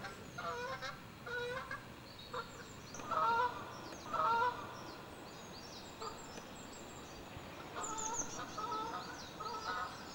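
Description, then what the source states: Bird song in short bursts of harmonic, slurred notes and high chirps, separated by quieter gaps over low background noise. Recorded at Saltwells Nature Reserve.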